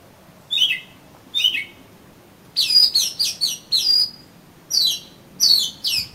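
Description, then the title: Oriental magpie-robin song: two paired whistles, a pause, then a rapid cluster of sharp, bright notes and a few final chirps. "Kacer Kacer"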